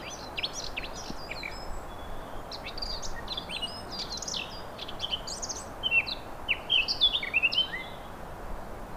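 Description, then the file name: Eurasian blackcap song: a fast, scratchy warble of varied high notes that ends in clearer, fluty whistled phrases, over steady low background hiss. Recorded 23 April 2017 on a minidisc recorder. "Fauvette a ta te noire 23 04 17"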